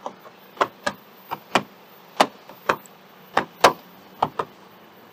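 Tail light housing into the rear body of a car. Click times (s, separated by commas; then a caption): 2.7 s, 3.4 s, 3.6 s. The plastic passenger-side tail light housing of a 2016 Acura TLX (2015–2017 model) has its prongs lined up with the holes in the rear car body and is pushed in, producing a series of sharp plastic taps and knocks throughout. Its clips snap into place with distinct clicks at 2.7, 3.4 and 3.7 seconds. The light is seated and ready to bolt up.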